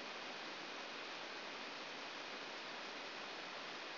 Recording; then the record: brain microelectrode recording played as sound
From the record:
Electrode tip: outside the subthalamic nucleus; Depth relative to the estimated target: -3 mm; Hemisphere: left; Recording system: AlphaMap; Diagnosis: Parkinson's disease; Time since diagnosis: 12 years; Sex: male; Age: 57 years